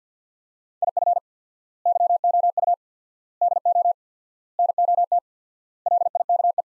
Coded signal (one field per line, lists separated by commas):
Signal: Morse code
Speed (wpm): 50 wpm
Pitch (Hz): 700 Hz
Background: none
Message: IF YOU DO NOT LIKE